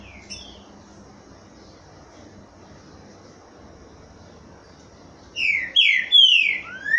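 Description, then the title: Green-winged Saltator song: about five seconds of steady hiss, then a burst of rich slurred whistles in quick succession, with one brief high note near the start. Boiadeiro song type; recording used to warm up captive trinca-ferro. "TRINCA FERRO CANTANDO BOIADEIRO - ESQUENTAR TRINCA FERRO"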